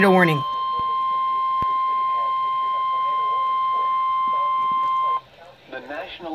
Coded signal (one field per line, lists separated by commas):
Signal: Emergency Alert System (SAME) tones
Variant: 1050 Hz attention tone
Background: speech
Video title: Tornado Warnings (EAS #268 - #269)